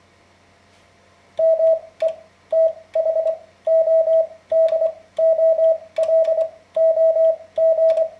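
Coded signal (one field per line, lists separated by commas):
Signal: Morse code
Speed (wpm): 23 wpm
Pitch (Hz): 650 Hz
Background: radio noise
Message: METHODOLOG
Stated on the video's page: Morse lesson introducing the code to beginners, following ARRL learning recommendations.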